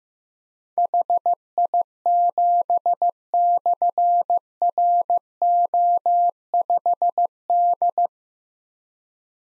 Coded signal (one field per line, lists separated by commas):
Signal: Morse code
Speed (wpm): 15 wpm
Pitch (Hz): 700 Hz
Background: none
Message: HI7/RO5D